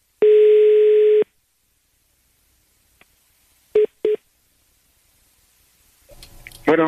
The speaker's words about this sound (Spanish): Déjame hacer esta llamada, canal. Me está entrando una llamada.